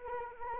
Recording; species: mosquito wingbeat signal from an infrared sensor; Anopheles arabiensis